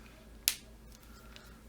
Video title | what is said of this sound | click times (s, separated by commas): Swatching and Review of 80 Set of AspireColor Alcohol Markers | so there's a nice click there | 0.5 s